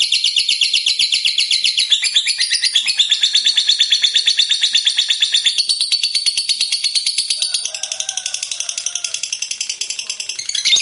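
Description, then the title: Lovebird singing a sustained, rapid, high-pitched chatter of pulsed buzzy notes, changing tone several times and softening toward the end. Fighter-type lovebird described as gacor, meaning in full, frequent song. "Berkat SUARA Lovebird FIGHTER GACOR Ini"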